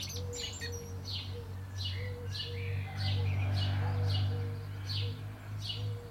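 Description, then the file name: Common blackbird calls: sharp, high, downward-sweeping notes repeated in a series, over a steady low hum and a faint, lower-pitched repeated note. "Turdus merula"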